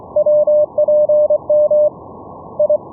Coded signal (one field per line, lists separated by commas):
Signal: Morse code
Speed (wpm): 24 wpm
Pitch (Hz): 600 Hz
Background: none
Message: WPM I